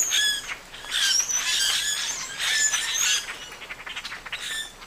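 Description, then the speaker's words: Common Grackles calling together, a dense mix of high squeaks and clicks. Whole flock of several individuals giving clicks and squeaky call notes. "Multiple individuals calling here. So this is the common grackle."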